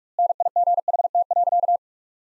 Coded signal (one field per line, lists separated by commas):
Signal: Morse code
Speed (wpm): 46 wpm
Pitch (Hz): 700 Hz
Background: none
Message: NIGHT.